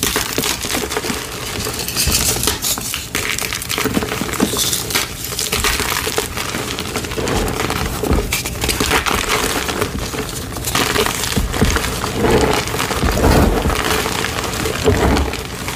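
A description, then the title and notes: Blue dyed gym chalk being crushed, a dense continuous crunching and crackling with frequent gritty bursts, steady in loudness throughout. Satisfying Gym Chalk Crushing ASMR. Asmr satisfying videos of blue dyed gym chalk crushing.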